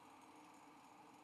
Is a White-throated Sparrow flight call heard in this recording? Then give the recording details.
no. No flight call is heard. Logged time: 06:02 on 5 December 2014